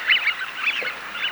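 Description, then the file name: Eurasian wigeon whistled calls, a quick series of clear, slightly wavering notes repeated several times with brief gaps. Recorded in Russia. "Свиязь Fischione"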